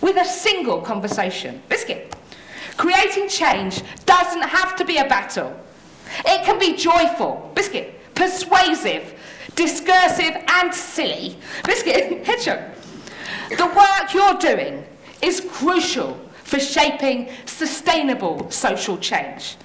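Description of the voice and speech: Fluent adult female speech repeatedly broken by blurted words "biscuit" and "hedgehog" and a laugh: involuntary vocal tics of Tourette syndrome, a neurological condition causing movements and noises that cannot be controlled.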